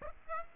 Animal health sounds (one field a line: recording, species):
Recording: mosquito wingbeat signal from an infrared sensor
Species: Aedes aegypti